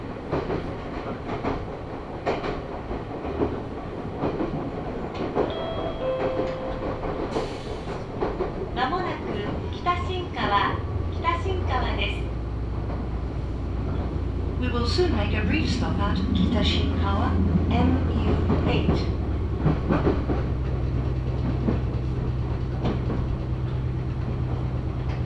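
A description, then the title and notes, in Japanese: A ride on the Meitetsu Mikawa Line train, with a steady low rumble that grows louder and heavier after about ten seconds. Voices talk intermittently over the noise, and brief tonal chimes sound near five seconds before a low hum settles in toward the end. 名古屋鉄道 三河線（海線）碧南→知立。通学ラッシュになってました。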